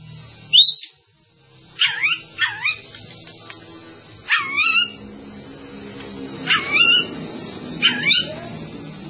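Bird song with loud, sweeping whistled notes in separate bursts at irregular intervals, dropping from high to lower pitch, with a faint low hum beneath.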